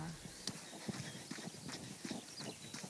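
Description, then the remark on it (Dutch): Hooves of large deer walking past and then away make a steady series of soft, hollow knocks, several per second, while people talk quietly over them. “Je ziet nu de hertjes voorbij lopen.”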